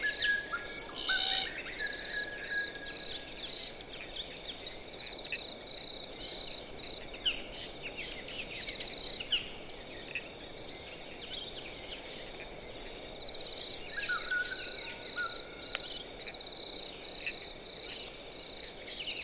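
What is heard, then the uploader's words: Glossy black cockatoos give soft, creaking calls and short whistled notes near the start and again around fifteen seconds, amid scattered small-bird chirps. A steady high insect drone runs throughout, over a quiet, hushed woodland background at dusk. Autumn Afternoon In The Marshy Woodlands By Durras Lake. Underneath the still, coastal She-oaks an adult Glossy Black Cockatoo and her young softly sing and hauntingly creak as the light begins to fade. Murramarang National Park, NSW, Australia.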